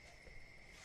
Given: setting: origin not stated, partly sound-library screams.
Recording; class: one-second piece from a danger detection set; normal situation